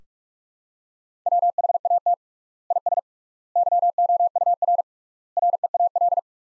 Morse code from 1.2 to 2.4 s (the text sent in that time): WHAT